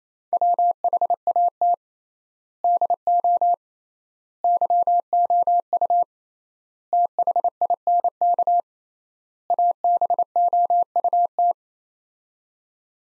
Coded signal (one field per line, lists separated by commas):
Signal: Morse code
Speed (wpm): 27 wpm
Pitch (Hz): 700 Hz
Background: none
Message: WHAT DO YOU THINK ABOUT